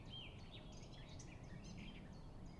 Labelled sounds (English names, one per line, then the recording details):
Eurasian Blackcap
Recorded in Germany
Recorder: ecoPi